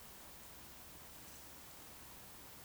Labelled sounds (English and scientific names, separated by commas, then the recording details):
Eurasian Woodcock (Scolopax rusticola) whistle
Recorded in Baden-Württemberg, Germany, on 16 June 2020 at 20:31 UTC
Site 45520, 595 m above sea level